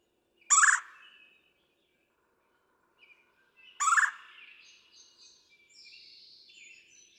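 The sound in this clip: Red-bellied woodpecker call: two grating rolled churrs about three seconds apart, followed by faint high sounds.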